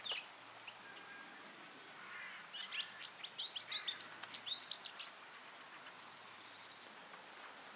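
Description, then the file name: European goldfinch twittering calls, a quick burst of bright, tinkling high notes midway, over a soft background hiss. "Carduelis carduelis"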